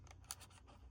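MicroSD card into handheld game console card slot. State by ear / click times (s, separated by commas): seated / 0.3 s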